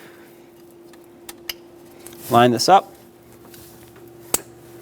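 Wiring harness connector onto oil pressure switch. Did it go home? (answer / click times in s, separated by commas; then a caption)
yes / 4.3 s. A plastic wiring harness connector is lined up and pressed onto a new oil pressure switch on the engine of a 1995-2004 Toyota Tacoma. Someone talks in the middle, a few faint taps come before it, and a single sharp click at 4.4 s confirms the connector is seated.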